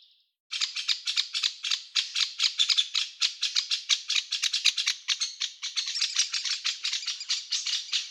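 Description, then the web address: Woodpecker calls, harsh raspy notes rapidly repeated in a steady run for several seconds. "tydzien eko MEDIA dzieciol"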